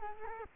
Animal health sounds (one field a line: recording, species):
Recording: mosquito wingbeat signal from an infrared sensor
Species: Culex quinquefasciatus